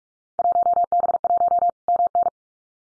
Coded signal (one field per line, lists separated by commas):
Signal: Morse code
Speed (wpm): 46 wpm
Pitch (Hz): 700 Hz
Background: none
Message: 1B1 MN